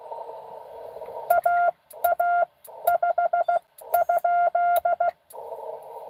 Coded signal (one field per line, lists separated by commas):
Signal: Morse code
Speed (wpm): 16 wpm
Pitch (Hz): 690 Hz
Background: none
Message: AA5?